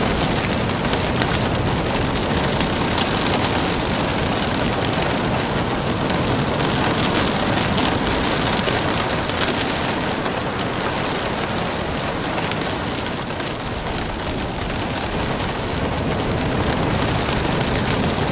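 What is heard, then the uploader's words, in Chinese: Rain falls steadily, heard from inside a villa near the beach, a dense, even hiss of drops with countless small taps on surfaces. The downpour holds at the same strength for the whole stretch, full from low rumble to bright spatter, with no breaks. 雨声｜海滩边的别墅里听雨｜白噪音。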